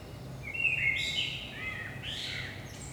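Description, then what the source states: Common blackbird singing one fluty warbled phrase that rises into a thin high squeaky flourish, with a low constant rumble beneath. Blackbird singing early morning, 5 am, Saint-Gilles, Belgium; recorded with DPA 4060 microphones in AB position into a Zoom F3.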